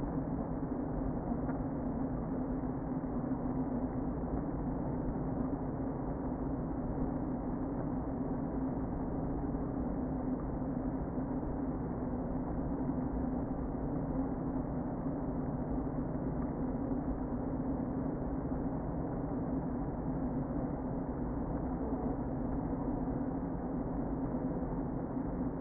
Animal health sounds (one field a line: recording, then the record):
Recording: honeybee colony, microphone inside the hive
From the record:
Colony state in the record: queen present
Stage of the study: before two queens were removed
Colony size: about 60,000 bees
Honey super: yes